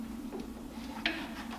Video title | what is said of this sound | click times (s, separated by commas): Infinite Autowerks Cold Air Intake for M240i/M340i/M440i B58 TU Overview and Installation | and you should hear click just like that and then that's how you know it's on you can | 1.1 s